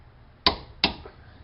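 A click-type torque wrench set to 70 tightens the lower strut-to-knuckle bolts, giving two sharp, bright clicks at 0.5 s and 0.8 s over a quiet background. Each click confirms the wrench has reached its setting.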